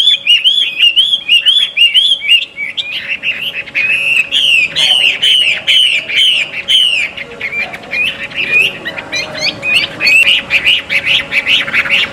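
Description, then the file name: Chinese hwamei song: loud, rich whistled phrases, slurred up and down and repeated quickly, with sharp high notes overlapping and a faint steady hum beneath. Song at a bird gathering. "audio-gathering-hwamei omkicau"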